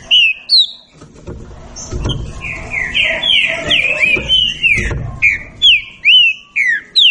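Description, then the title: Green-winged saltator song with loud clear whistled slurs at both ends and a dense, overlapping run of whistles in the middle, with low knocking noises beneath. Birds in a singing dispute; bird apparently named Nicao. "Trinca Ferro Nicao Disputando"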